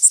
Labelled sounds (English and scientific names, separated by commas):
Worm-eating Warbler (Helmitheros vermivorum) flight call